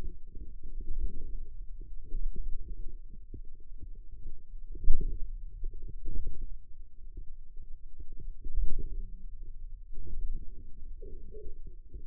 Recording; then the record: forearm muscle sounds (acoustic myography)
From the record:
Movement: radial deviation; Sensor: system 2, bracelet of six BSWA MPA416 microphones around the upper forearm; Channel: 5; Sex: female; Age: 21 years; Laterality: right